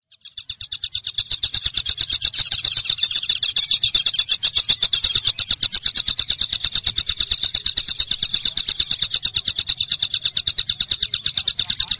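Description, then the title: Java sparrow song starting softly, then a long, even series of sharp, high clicking notes repeated quickly and evenly. "kicau gelatik"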